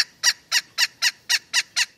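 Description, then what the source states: Pileated woodpecker call, a series of loud harsh 'kuk' notes repeated evenly about four times per second in steady rhythm. From the Cornell Lab of Ornithology; one of 45 target species monitored by acoustic devices in western Washington forests.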